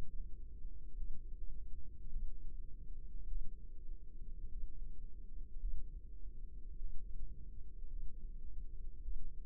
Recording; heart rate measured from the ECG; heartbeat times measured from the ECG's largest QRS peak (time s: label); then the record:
heart sounds by microphone in the left ear; 52 bpm
0.96 s: heartbeat
2.10 s: heartbeat
3.26 s: heartbeat
4.49 s: heartbeat
5.59 s: heartbeat
6.78 s: heartbeat
7.88 s: heartbeat
9.02 s: heartbeat
From the record:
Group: healthy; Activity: cold pressor test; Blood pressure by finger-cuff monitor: 106/61 mmHg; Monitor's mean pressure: 76 mmHg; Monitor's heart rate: 53 bpm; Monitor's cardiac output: 5.1 L/min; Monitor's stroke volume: 96 mL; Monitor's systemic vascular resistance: 1060 dyn s/cm5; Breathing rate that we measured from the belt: 23 breaths a minute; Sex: female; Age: 28 years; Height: 170 cm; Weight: 77 kg